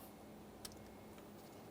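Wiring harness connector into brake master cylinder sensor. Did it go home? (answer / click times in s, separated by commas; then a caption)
yes / 0.7 s. A wiring harness electrical connector is lined up and pressed onto the brake master cylinder sensor of a 2004–2008 Ford F-150 during a brake booster replacement, with its locking tab down along the bottom. A sharp click at 0.6 s, followed by a fainter tick at 0.7 s, stands out against a steady low hum. The connector has seated, and a light tug confirms it is secured.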